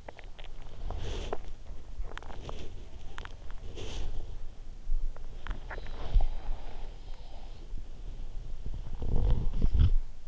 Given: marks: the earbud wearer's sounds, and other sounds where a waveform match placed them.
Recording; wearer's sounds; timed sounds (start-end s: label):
sounds in sleep by an in-ear microphone; teeth grinding, body movement, swallowing
0.00-0.28 s: teeth grinding
0.20-10.28 s: body movement
2.02-2.79 s: teeth grinding
3.08-3.37 s: teeth grinding
5.37-6.30 s: swallowing